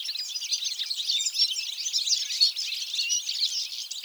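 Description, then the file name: European goldfinch song, fast liquid twitters and short high chirps tumbling together in an unbroken stream. "Carduelis carduelis"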